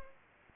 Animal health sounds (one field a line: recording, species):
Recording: mosquito wingbeat signal from an infrared sensor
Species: Anopheles arabiensis